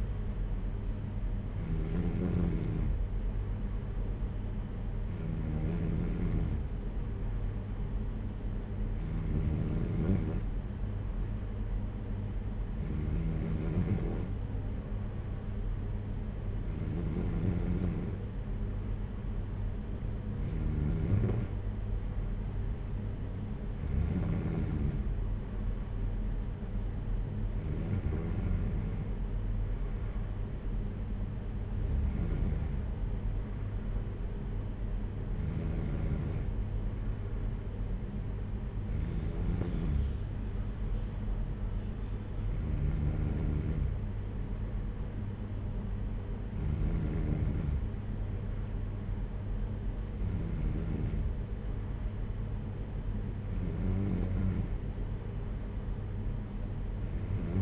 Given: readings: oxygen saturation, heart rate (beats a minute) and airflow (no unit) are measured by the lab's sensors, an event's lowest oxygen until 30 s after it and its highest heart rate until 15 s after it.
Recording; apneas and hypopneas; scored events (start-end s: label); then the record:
breathing in sleep by a smartphone at the bedside; none
none scored
From the record:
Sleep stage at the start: N3 (deep sleep); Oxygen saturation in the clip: 93 to 94%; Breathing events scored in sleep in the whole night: 226 in 8.8 hours asleep